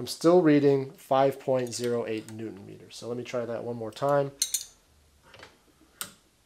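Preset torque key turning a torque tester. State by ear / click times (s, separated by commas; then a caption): torque reached / 6.0 s. A preset torque key is turned against a torque tester with an extended grip, held further out from the pivot point. Someone talks for the first four seconds or so, then a few faint ticks are heard before the clutch gives a sharp click at 6.0 s. The tester reads 5.08 Nm again.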